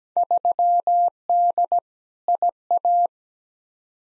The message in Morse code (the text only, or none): 3D IA